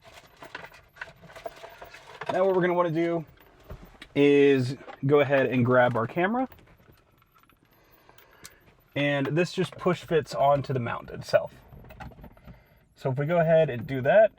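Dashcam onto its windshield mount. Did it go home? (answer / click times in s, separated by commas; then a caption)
no / none. Someone talks while picking up and handling a ManGoal 4K dashcam before push-fitting it onto its windshield mount, with only small, quiet handling ticks and taps between the speech. Nothing has seated or clicked into the mount yet.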